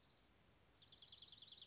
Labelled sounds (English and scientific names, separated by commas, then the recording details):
Dark-eyed Junco (Junco hyemalis)
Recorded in Sonoma County, California